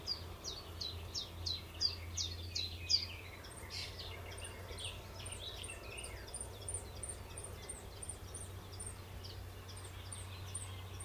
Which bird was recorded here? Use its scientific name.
Phylloscopus trochilus